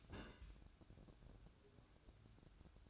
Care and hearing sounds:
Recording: daily activity, microphone in the room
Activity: place on stove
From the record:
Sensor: 2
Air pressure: 1008.0 hPa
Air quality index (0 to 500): 109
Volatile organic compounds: 1 ppm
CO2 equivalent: 818 ppm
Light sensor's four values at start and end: 6/15/6/6 and 6/15/6/6

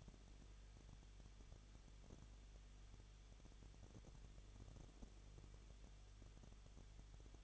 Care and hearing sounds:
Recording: daily activity, microphone in the room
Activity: no activity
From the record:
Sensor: 4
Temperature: 23.0 degrees Celsius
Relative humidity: 34.4%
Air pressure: 1007.2 hPa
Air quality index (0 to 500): 217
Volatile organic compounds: 15 ppm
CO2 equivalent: 2513 ppm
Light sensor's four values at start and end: 2/3/1/1 and 2/3/1/1

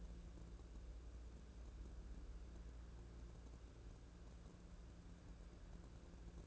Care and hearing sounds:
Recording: daily activity, microphone in the room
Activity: wipe stove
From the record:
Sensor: 2

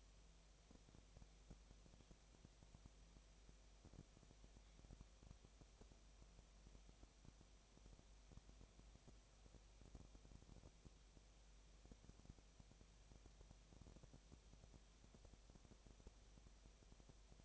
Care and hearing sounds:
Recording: daily activity, microphone in the room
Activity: no activity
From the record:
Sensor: 1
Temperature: 19.8 degrees Celsius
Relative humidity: 37.9%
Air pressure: 998.8 hPa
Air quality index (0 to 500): 233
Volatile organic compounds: 134 ppm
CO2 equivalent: 3948 ppm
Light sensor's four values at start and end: 1/2/1/1 and 1/2/1/1

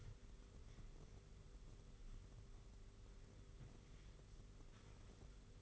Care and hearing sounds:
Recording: daily activity, microphone in the room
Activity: wipe stove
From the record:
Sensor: 4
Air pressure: 991.3 hPa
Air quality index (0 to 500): 163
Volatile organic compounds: 158 ppm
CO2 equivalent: 4059 ppm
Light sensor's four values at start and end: 25/80/30/31 and 25/80/30/31

